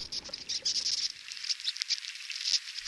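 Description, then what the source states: Bark beetles heard inside wood, a dense run of sharp high clicks and ticks crackling irregularly throughout, with faint low rustling early on. Tiny insects about the size of a grain of rice, infesting western forests; recorded inside a dying pine tree in New Mexico with a metal-rod sound transducer.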